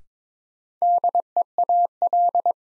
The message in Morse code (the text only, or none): DEAL